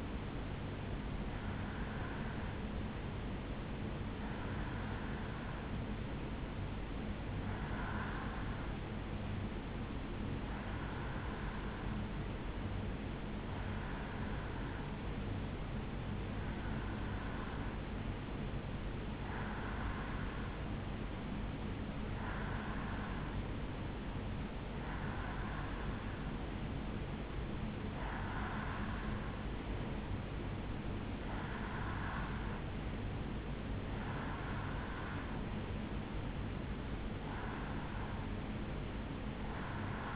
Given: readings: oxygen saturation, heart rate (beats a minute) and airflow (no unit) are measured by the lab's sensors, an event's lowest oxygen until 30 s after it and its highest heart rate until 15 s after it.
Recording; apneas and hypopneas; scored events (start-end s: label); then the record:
breathing in sleep by a voice recorder at the bedside; none
none scored
From the record:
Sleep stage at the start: REM sleep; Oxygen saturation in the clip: 82 to 84%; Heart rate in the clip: 73 to 76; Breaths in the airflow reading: 13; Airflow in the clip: -2.7 to 2.2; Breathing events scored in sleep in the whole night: 449 in 7.0 hours asleep